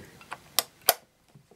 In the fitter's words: so that's clicked in place so now when you're using the pump